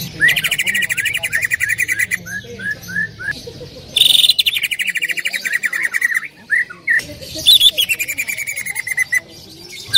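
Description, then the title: Greater green leafbird calls: long, dense, rattling trills broken by short pauses, mixed with sharp slurred chips. Female calling to a male, very vocal. "CUCAK IJO BETINA GACOR HIPER MEMANGGIL JANTAN"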